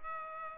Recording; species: mosquito wingbeat signal from an infrared sensor; Culex pipiens